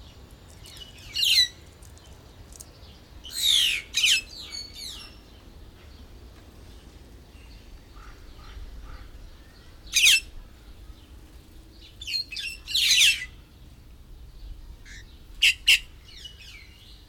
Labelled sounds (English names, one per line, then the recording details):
White-headed Buffalo-Weaver
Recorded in captivity
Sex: group
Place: Zoo Berlin, Berlin, DE
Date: 1996-06-01 12:25
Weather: sonnig, 22°C
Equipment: Sony MD-WM MZ-R3, Sennheiser MKH 416 T, Kopie Uher 4000 Report Monitor
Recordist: Tembrock, Günter
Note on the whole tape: Laute mehrerer Exemplare (mehrere Lauttypen), Entfernung ca. 2 m